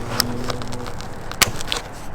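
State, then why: Seated. A plastic retaining clip on a RAM truck's winter grille cover is pressed into the front grille, with a few lighter ticks around it. A sharp, bright click at 1.4 s marks the clip snapping in, and it is seated.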